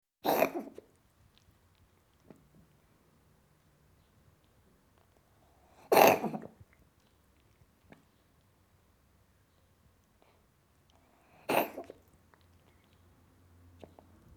Cat Coughing.